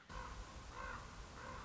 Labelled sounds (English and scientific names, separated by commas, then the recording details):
Common Raven (Corvus corax)
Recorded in Sonoma County, California